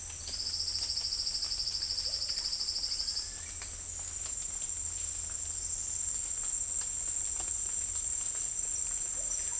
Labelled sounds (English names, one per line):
none